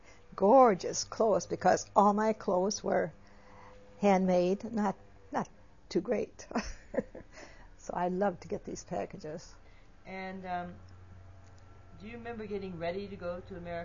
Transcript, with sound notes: Gorgeous clothes, because all my clothes were handmade. Not too great. ( she laughs ) So I loved to get these packages.
And do you remember getting ready to go to America?